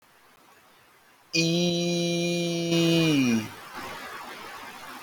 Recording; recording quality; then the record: sustained vowel as in beet; excellent, no background noise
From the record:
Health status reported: healthy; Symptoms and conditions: none ticked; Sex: male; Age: 25 years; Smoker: not ticked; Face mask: not worn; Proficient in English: no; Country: India